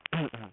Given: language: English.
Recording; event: throat vibration sensor signal played as sound; throat clearing